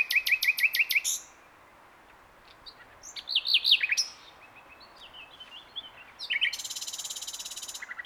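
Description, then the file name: Common nightingale song: a quick train of repeated clicking notes, varied chattering phrases, then a long rapid rattle of high repeated notes. "Luscinia megarhynchos"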